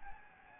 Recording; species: mosquito wingbeat signal from an infrared sensor; Anopheles gambiae